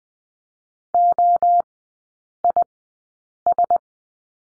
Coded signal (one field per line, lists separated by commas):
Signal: Morse code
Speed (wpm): 20 wpm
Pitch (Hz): 700 Hz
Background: none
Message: OIS